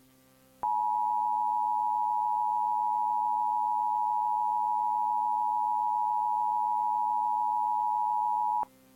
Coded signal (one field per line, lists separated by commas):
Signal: Emergency Alert System (SAME) tones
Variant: 853 and 960 Hz attention tone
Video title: EAS tornado warning prank interrupts BBC in 1998